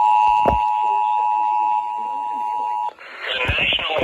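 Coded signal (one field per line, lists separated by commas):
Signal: Emergency Alert System (SAME) tones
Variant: 853 and 960 Hz attention tone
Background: speech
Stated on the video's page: Severe thunderstorm warning on several FM stations and a weather radio station.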